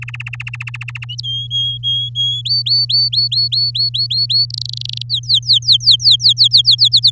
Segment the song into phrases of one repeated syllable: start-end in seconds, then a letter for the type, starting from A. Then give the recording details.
0.02-1.05 A, 1.23-2.42 B, 2.45-4.46 C, 4.50-5.03 D, 5.09-6.88 E, 6.92-7.11 F. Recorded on 10 May 2018 at 06:18. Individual llb16